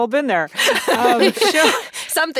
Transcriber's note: laughter